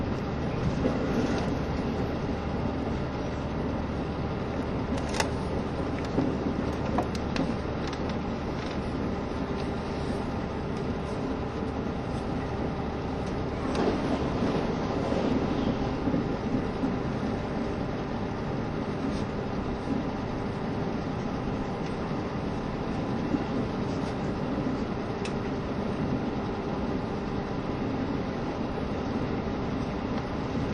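Running sound aboard the KiHa 72 Yufuin no Mori diesel train: a steady, dense low rumble with occasional brief clicks and squeals.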